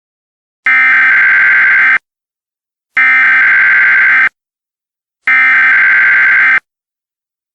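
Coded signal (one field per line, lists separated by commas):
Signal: Emergency Alert System (SAME) tones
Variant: header bursts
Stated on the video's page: Fictional EAS scenario, simulated alert.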